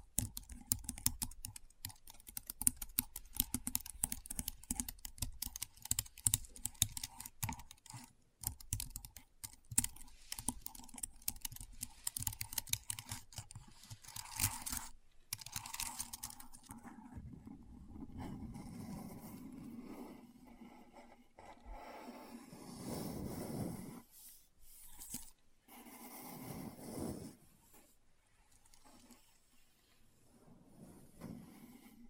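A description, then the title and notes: Rapid, dense keyboard typing clatters through the first fifteen seconds, then gives way to softer, smoother rustling and low rumbling with occasional pauses. ASMR Keyboard Sounds (No Talking).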